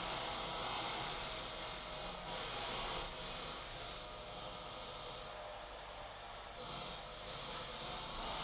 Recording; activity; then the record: daily activity, microphone in the room; vacuum cleaning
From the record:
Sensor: 5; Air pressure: 991.2 hPa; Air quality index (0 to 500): 122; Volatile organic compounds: 47 ppm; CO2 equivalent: 3247 ppm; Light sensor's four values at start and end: 35/114/43/46 and 35/113/43/46